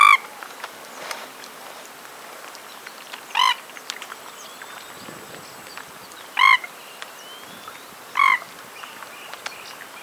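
Jacana giving four separate harsh, nasal calls, spaced a few seconds apart, over a quiet background.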